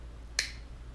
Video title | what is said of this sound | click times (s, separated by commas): Terminating sheilded Cat6a | when you click it you're gonna hear it click right | 0.4 s